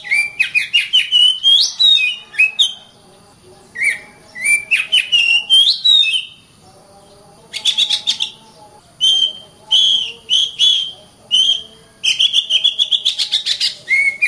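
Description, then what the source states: Oriental magpie-robin singing in phrases of rich whistles, slurs and rapid chattering notes, separated by short pauses, with a faint steady high tone in the background. Master recording used for training birds.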